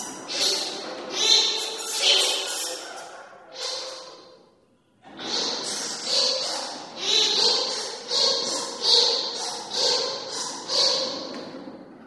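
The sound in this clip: Bat chatter: harsh, squeaky bursts in quick runs, pausing near four and a half seconds, then returning in a steadier series of bursts.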